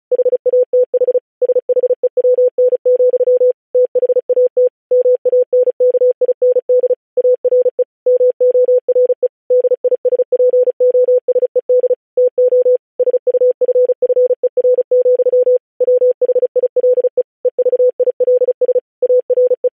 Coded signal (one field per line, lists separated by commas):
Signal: Morse code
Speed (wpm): 36 wpm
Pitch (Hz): 500 Hz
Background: none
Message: HATH SHEWN, THAT MANKIND ARE MORE DISPOSED TO SUFFER, WHILE EVILS ARE